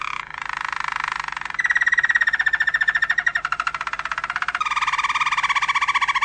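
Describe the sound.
Domestic canary singing loud, fast pulsing rolls, with each tour stepping to a different pitch and speed.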